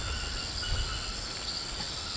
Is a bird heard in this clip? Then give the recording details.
no. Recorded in pastures near Puerto Asís, Putumayo, Colombia, on 19 March 2025 at 22:30. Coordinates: 0.472, -76.329. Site G074